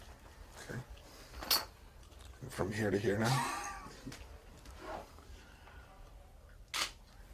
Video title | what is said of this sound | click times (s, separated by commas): The U S Air Force Thunderbirds | it's gonna go in and three clicks right just like that okay from | 1.0 s, 1.4 s, 2.2 s